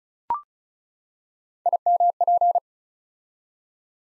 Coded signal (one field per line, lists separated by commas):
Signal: Morse code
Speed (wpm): 36 wpm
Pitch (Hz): 700 Hz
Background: none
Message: IMP